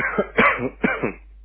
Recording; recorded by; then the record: voluntary cough; telephone call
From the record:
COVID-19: positive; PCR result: self-reported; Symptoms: yes